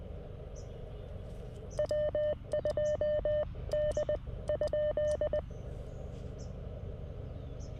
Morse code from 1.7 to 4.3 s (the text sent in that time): W2D